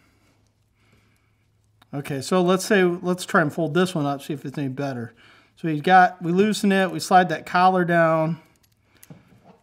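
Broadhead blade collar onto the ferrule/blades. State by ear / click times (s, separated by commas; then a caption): not seated / none. Someone talks while loosening a Muzzy MORE mechanical turkey broadhead and sliding its metal blade collar down over the ferrule to fold the blades back up. Only faint, soft handling sounds follow near the end. Nothing has seated or clicked yet.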